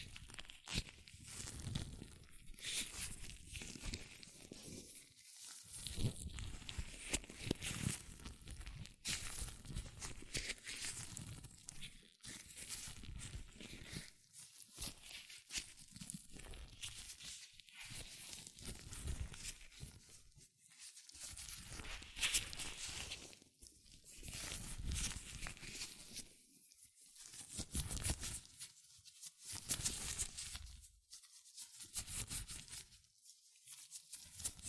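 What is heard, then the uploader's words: Latex gloves being handled, with dense, rustling, crinkling bursts that stretch and snap across the whole range from low thumps to bright hiss. The activity comes in irregular flurries a few seconds long, broken by brief quiet gaps around 5, 14, 20 and 27 seconds. ASMR Latex Gloves Hand Sounds (No Talking).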